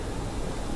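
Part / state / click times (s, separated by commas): left-side handlebar cable connector into the bike harness / not seated / none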